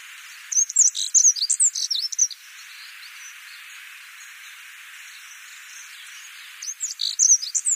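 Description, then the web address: Black-throated accentor song: a fast high, jangling warble of about two seconds, a long pause with faint hiss, then the phrase begins again. "Schulze Peter Black-throated Accentor song"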